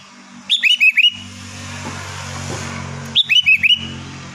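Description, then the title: Sooty-headed bulbul song: a quick phrase of four bright, bouncing whistled notes, given twice about two and a half seconds apart over a low steady hum. "Kutilang"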